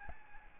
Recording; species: mosquito wingbeat signal from an infrared sensor; Aedes albopictus